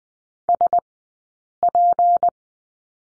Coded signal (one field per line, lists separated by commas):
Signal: Morse code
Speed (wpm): 20 wpm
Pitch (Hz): 700 Hz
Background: none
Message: SP